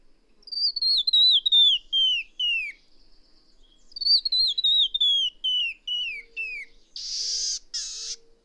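Bird song: two falling series of clear, slurred whistles in quick succession, ending with two loud buzzy rasps.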